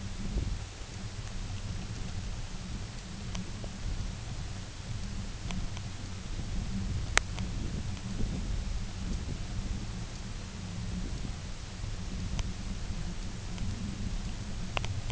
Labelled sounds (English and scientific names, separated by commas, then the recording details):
none
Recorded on Arctic tundra, site UTQI-0, on 20 June 2018
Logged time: 14:00